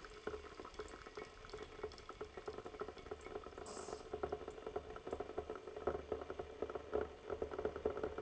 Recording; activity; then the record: daily activity, microphone in the room; make coffee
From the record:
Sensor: 4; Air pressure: 1015.5 hPa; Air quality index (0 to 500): 190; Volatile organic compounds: 9 ppm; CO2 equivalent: 2126 ppm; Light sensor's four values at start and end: 5/10/4/3 and 5/10/4/3